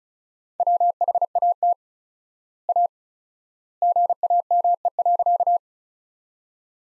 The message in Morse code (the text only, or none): WHAT A GAME.